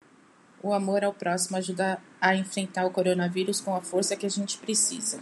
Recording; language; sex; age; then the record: spoken sentence; Brazilian Portuguese; female; 40 to 49 years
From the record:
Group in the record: control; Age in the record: 42 years